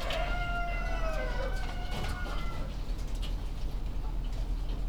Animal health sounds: poultry house recording; healthy chickens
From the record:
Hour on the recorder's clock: 21

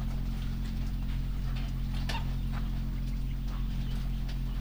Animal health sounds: poultry house recording; sick chickens (respiratory disease)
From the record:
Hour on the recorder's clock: 23

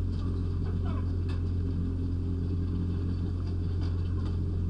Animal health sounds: poultry house recording; sick chickens (respiratory disease)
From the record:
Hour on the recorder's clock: 1

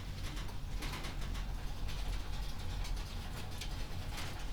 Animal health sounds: poultry house recording; no chicken sound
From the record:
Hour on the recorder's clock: 21

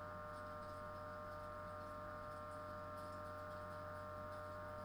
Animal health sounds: poultry house recording; no chicken sound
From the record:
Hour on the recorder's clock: 21

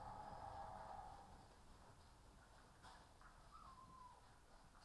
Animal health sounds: poultry house recording; healthy chickens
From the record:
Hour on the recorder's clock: 15

